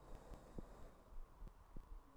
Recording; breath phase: one breath near a microphone; exhalation